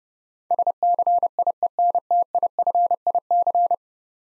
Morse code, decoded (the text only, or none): SCIENTIFIC